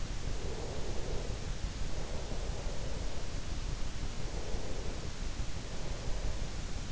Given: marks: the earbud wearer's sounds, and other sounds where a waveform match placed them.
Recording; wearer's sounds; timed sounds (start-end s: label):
sounds in sleep by an in-ear microphone; breath
0.26-3.52 s: breath
4.00-6.86 s: breath